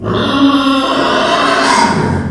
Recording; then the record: squeal of a Yucatan mini pig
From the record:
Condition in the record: after surgery on the right vocal fold (resection and tissue-engineered implant); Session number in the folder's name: 16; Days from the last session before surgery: 183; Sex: female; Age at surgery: 19 weeks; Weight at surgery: 25 kg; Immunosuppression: prednisolone